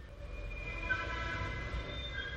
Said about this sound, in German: Chausseestraße hat eine Straßenbahn, die hören wir jetzt. Die kreicht da in den Schienen.